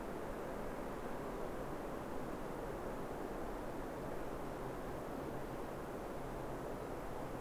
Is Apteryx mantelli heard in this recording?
no